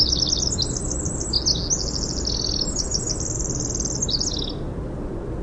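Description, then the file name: Winter wren song, a long rapid cascade of high tinkling trills and notes running nearly five seconds, over steady low background rumble. "WIWR song"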